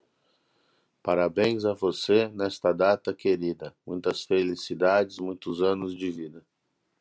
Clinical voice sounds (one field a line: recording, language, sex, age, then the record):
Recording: short text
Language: Brazilian Portuguese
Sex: male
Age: 40 to 49 years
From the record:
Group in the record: control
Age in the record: 43 years